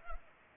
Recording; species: mosquito wingbeat signal from an infrared sensor; Culex pipiens